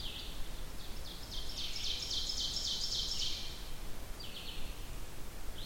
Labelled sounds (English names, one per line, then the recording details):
Ovenbird song
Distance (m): 65 m
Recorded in boreal forest in Alberta, Canada, on 14 June 2016 at 06:35
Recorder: SongMeter 3, array SBT-3-33
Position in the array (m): 128 m, 37 m
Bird 21